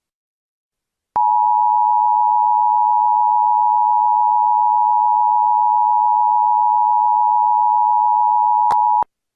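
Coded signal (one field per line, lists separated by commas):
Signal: Emergency Alert System (SAME) tones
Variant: 853 and 960 Hz attention tone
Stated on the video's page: Fictional alert scenario using valid tones.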